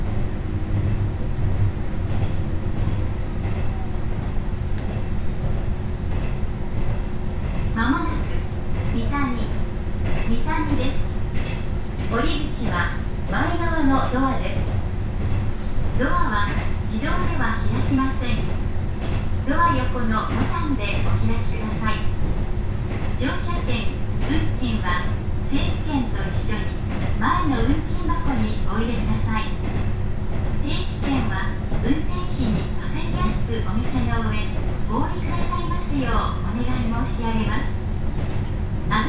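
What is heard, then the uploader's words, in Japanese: Aboard an Ihara Railway train, a steady low rumble and hum continue throughout while a woman's announcement voice speaks almost continuously over it. 井原鉄道 道上→神辺→備中呉妹。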